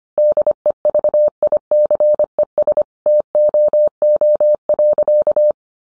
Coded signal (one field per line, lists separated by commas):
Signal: Morse code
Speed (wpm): 25 wpm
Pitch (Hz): 600 Hz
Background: none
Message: DEVICES TOO.